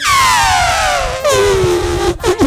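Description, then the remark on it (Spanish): A loud, brassy trumpeting call, sustained for about two seconds with a pitch that slowly slides downward before a short rough break at the end, like a person imitating an elephant. “¿Y con qué hacen ese ruido? ¿Con qué ruido? ¿Con qué barritan?”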